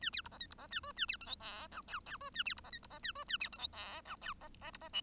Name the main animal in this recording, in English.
Bengalese Finch